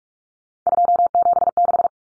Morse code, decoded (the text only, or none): 276